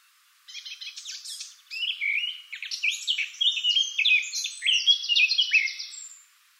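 Eurasian blackcap delivering one sustained warbled phrase of chirps, slurs and rattling trills, starting after a short silence and fading out cleanly.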